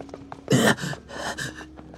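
Rapid, labored breathing with gasping from a man who has been shot, as he is hurried along while another man holds up his weight: four or five heavy, breathy pants in quick succession, the first the loudest, then slightly softer ones following in an uneven rhythm, with no talking.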